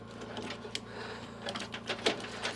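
A RAM stick is reseated into a motherboard DIMM slot in a Power Spec i5-2500K computer and pressed down after a first bad seating in which the latch locked without the module locking in. Small scraping and tapping sounds lead up to a loud plastic click at 2.1 s. The memory module is seated home.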